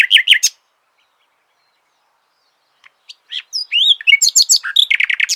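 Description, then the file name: Common nightingale song: a quick burst of notes, a long pause, then varied whistles, upward slurs and rapid chattering phrases. "Luscinia megarhynchos"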